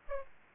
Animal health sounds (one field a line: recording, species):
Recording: mosquito wingbeat signal from an infrared sensor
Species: Aedes aegypti